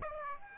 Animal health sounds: mosquito wingbeat signal from an infrared sensor; Aedes aegypti

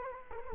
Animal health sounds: mosquito wingbeat signal from an infrared sensor; Culex quinquefasciatus

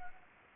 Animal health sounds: mosquito wingbeat signal from an infrared sensor; Anopheles gambiae

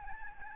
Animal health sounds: mosquito wingbeat signal from an infrared sensor; Aedes albopictus

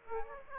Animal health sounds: mosquito wingbeat signal from an infrared sensor; Aedes aegypti

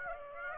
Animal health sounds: mosquito wingbeat signal from an infrared sensor; Aedes aegypti

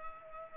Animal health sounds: mosquito wingbeat signal from an infrared sensor; Culex pipiens

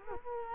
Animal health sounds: mosquito wingbeat signal from an infrared sensor; Culex quinquefasciatus

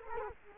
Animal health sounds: mosquito wingbeat signal from an infrared sensor; Culex quinquefasciatus

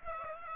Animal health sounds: mosquito wingbeat signal from an infrared sensor; Aedes aegypti

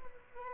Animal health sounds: mosquito wingbeat signal from an infrared sensor; Aedes albopictus

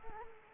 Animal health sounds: mosquito wingbeat signal from an infrared sensor; Culex quinquefasciatus

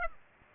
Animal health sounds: mosquito wingbeat signal from an infrared sensor; Aedes aegypti

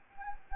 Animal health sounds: mosquito wingbeat signal from an infrared sensor; Anopheles gambiae

